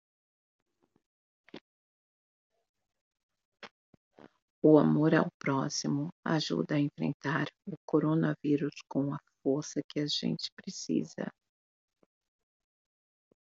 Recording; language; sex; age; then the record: spoken sentence; Brazilian Portuguese; female; 40 to 49 years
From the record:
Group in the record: control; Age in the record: 45 years